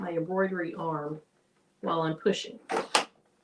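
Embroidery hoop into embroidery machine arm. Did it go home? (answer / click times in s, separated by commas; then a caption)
yes / 2.9 s. An embroidery hoop frame is slid into the grooves of an embroidery machine arm and pushed while the arm is held, as someone talks. A single sharp click sounds at 3.0 s as the hoop clicks into place on the arm, seated.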